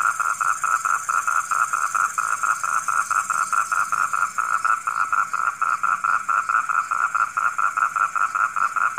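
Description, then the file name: Frog croaking in a steady, unbroken series of short pulsed notes, a few each second, with a thin high hiss. Frogs calling at night. "suara kodok di malam hari"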